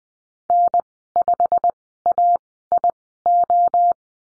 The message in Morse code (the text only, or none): N5AIO